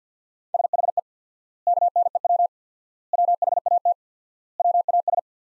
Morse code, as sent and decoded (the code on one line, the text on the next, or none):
... .... . / -.- -. . .-- / .-- .... .- - / .-- .- ...
SHE KNEW WHAT WAS